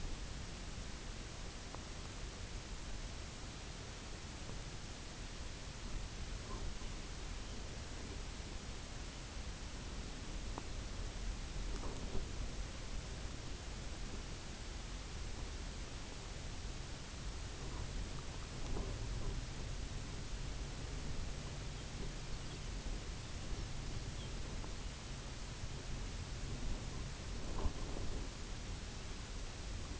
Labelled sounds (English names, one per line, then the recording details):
unidentified sound
Lapland Longspur
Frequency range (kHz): Lapland Longspur 2.8-6.2 kHz
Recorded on Arctic tundra, site UTQI-0, on 17 June 2019
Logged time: 22:00